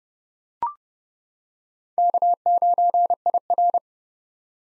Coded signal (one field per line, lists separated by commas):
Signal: Morse code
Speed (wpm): 32 wpm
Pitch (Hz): 700 Hz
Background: none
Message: K9IR